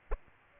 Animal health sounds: mosquito wingbeat signal from an infrared sensor; Aedes aegypti

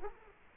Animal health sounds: mosquito wingbeat signal from an infrared sensor; Culex quinquefasciatus

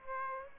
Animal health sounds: mosquito wingbeat signal from an infrared sensor; Aedes aegypti

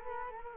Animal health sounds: mosquito wingbeat signal from an infrared sensor; Culex quinquefasciatus

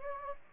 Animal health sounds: mosquito wingbeat signal from an infrared sensor; Anopheles gambiae

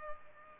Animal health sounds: mosquito wingbeat signal from an infrared sensor; Culex pipiens

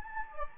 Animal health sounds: mosquito wingbeat signal from an infrared sensor; Anopheles gambiae

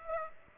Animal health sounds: mosquito wingbeat signal from an infrared sensor; Aedes aegypti

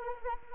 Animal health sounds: mosquito wingbeat signal from an infrared sensor; Anopheles arabiensis

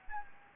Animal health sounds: mosquito wingbeat signal from an infrared sensor; Anopheles gambiae

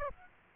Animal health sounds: mosquito wingbeat signal from an infrared sensor; Aedes aegypti

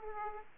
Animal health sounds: mosquito wingbeat signal from an infrared sensor; Aedes aegypti

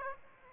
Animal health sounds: mosquito wingbeat signal from an infrared sensor; Aedes aegypti

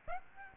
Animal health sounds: mosquito wingbeat signal from an infrared sensor; Aedes aegypti

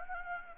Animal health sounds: mosquito wingbeat signal from an infrared sensor; Anopheles gambiae

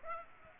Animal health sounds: mosquito wingbeat signal from an infrared sensor; Aedes aegypti

